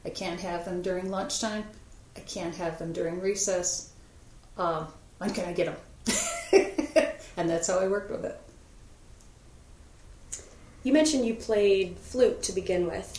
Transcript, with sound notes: I can't have them during lunchtime, I can't have them during recess, when can I get them? [Laughter.] And that's how I worked with it.
You mentioned you played flute to begin with.